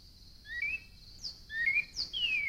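Northern cardinal song: clear whistled notes rising then sweeping down, a long descending slur near the end, over a steady high background hiss.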